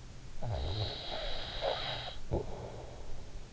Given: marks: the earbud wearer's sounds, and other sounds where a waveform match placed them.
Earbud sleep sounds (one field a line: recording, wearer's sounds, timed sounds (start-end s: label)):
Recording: sounds in sleep by an in-ear microphone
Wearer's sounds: snoring breath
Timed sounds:
0.04-3.52 s: snoring breath